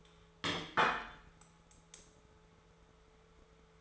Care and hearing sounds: daily activity, microphone in the room; place plate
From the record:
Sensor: 3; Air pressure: 1015.0 hPa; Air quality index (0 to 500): 208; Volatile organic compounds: 34 ppm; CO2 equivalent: 3035 ppm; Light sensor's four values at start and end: 14/33/13/14 and 13/32/13/14

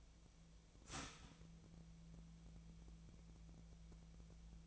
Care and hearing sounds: daily activity, microphone in the room; start toaster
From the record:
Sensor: 1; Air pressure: 1009.3 hPa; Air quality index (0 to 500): 195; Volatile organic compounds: 19 ppm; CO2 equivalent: 2662 ppm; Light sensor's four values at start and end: 28/70/29/35 and 28/70/29/35

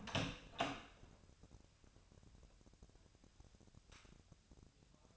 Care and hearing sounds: daily activity, microphone in the room; open door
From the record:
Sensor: 2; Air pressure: 1007.2 hPa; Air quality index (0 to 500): 188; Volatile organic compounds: 11 ppm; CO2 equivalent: 2310 ppm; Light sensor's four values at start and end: 10/23/10/10 and 10/24/10/10

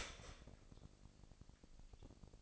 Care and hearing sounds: daily activity, microphone in the room; start toaster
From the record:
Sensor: 5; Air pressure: 1007.2 hPa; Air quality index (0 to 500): 126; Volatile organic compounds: 1 ppm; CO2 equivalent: 956 ppm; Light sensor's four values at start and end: 30/70/29/31 and 30/70/29/31

